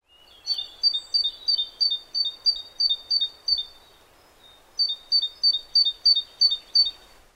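Great tit song: a bright two-note see-saw phrase repeated about ten times, a brief pause, then another run of the same notes.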